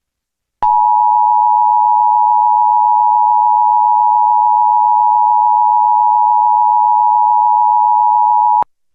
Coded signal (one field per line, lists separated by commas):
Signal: Emergency Alert System (SAME) tones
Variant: 853 and 960 Hz attention tone